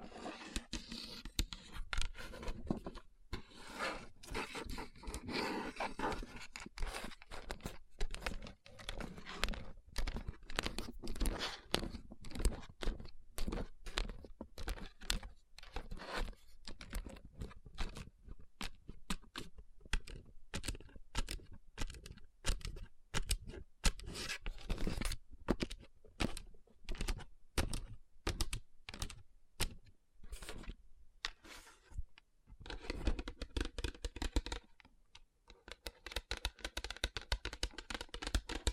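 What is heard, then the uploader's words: Fingers tap and rub over rhinestone-covered surfaces in quick, dense clicking bursts, like rapid typing. The tapping runs nearly continuously, with a brief thinning around the thirty-second mark before softer, smoother rubbing sounds fill the final seconds. Tapping & Rubbing Rhinestone Covered Palms.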